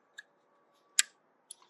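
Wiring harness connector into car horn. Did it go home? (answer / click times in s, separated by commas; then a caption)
yes / 1.0 s. A plastic wiring harness connector is pushed onto the terminal of an upgraded horn on a 2023-2024 Honda CR-V, replacing the stock "clown" horn. Faint ticks at about 0.2 s and 1.5 s surround one sharp, loud click at 1.0 s. The connector seats on the horn at that click.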